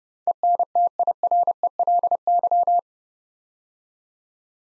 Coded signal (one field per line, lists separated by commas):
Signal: Morse code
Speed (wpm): 30 wpm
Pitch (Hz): 700 Hz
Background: none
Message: ENTIRELY